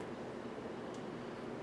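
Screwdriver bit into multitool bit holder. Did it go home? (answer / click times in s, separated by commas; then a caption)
no / none. A metal screwdriver bit is turned over and its other end is pushed into the bit holder of a Leatherman Skeletool multitool, but it does not go in all the way. Only a steady, even hiss of broadband noise is heard, with no distinct impact or click. Nothing has seated or clicked: the bit fails to lock in the holder.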